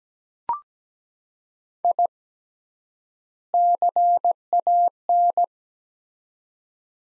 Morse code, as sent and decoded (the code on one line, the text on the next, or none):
.. / -.-. .- -.
I CAN